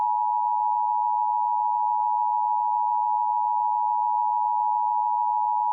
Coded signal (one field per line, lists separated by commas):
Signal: Emergency Alert System (SAME) tones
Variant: 853 and 960 Hz attention tone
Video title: EAS Recreation (06/04/19): Waukesha County Traffic Alert